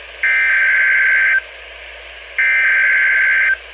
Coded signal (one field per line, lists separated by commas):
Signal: Emergency Alert System (SAME) tones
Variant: header bursts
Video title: EAS #648 Child Abduction Emergency